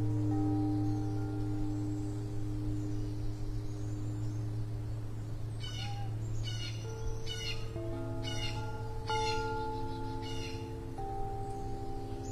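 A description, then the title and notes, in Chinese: Morning bells ring out as long, sustained tones over a constant low hum, their pitches shifting and overlapping as new strikes sound. From about six to ten seconds, bright, shimmering bursts ring in quick succession above them, then fade back to the steady drone. 晨间钟声。一小时国风器乐氛围。清晨编钟 且听钟声。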